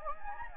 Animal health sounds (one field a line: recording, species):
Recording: mosquito wingbeat signal from an infrared sensor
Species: Anopheles gambiae